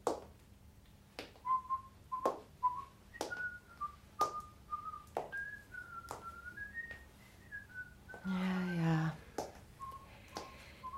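A man whistles a slow, wandering tune in a thin, steady tone, while sharp clicks tap out a regular beat beneath it; a brief rough burst of noise interrupts near the end.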